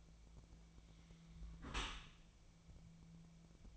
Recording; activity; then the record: daily activity, microphone in the room; close dishwasher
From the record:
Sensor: 1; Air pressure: 1000.5 hPa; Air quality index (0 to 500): 182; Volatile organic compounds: 4 ppm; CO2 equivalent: 1676 ppm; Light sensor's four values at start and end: 10/26/10/12 and 10/26/10/12